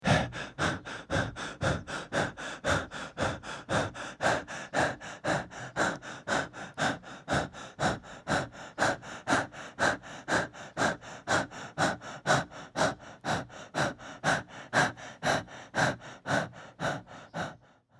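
Fast, regular breath sounds in an adult: rapid breathing (tachypnoea).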